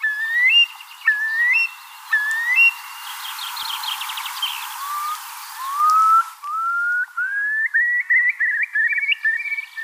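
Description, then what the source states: Eurasian curlew calling with clear upslurred whistles repeated several times, then a run of rising whistled notes that quicken toward a bubbling trill. Call said to interweave major and minor keys thanks to the bird's special voice box; described as a sound of happiness, joy and passion that stops people in their tracks.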